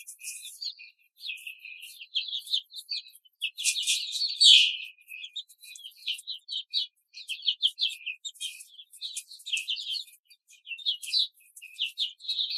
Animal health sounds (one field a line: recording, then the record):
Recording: young laying hens in a cage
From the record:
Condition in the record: control cage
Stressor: none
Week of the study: 5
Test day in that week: 1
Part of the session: 1